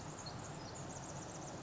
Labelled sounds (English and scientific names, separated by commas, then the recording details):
Pacific Wren (Troglodytes pacificus)
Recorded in Sonoma County, California